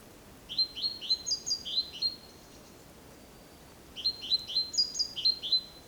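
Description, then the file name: Great tit giving two bursts of quick, high chirps separated by a short pause. "Parus major"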